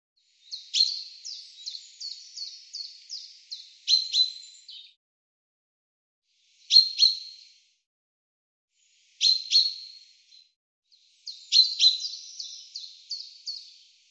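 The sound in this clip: Bird chirping, bursts of rapid high, sharp notes in quick runs separated by short silences, some runs long and trilling, others just two or three notes.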